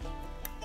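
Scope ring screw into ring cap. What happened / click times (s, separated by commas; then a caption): The screw thread start dropped into place with a click / 0.5 s. A scope ring screw with Loctite on it is turned backwards in a ring cap while mounting a Leupold VX-6 scope on a Browning 6.8 Western. Over a steady low-pitched background, a single short, sharp click sounds at 0.45 s as the thread start drops into alignment. The screw is seated, showing it is not cross-threaded.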